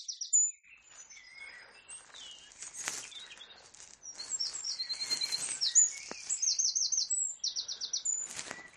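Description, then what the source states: Eurasian wren song: a fast series of shrill notes with dry, rattling trills. Male singing near Hanwell Meadows, in a bush or the hedgerow; rapid-fire series of notes ending with a trill; tiny bird said to throw its voice.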